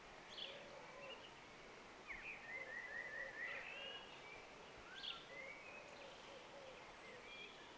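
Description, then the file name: Common blackbird, faint thin high notes: a short run near the middle and a few scattered notes before and after, over steady hissing background noise. "Turdus merula"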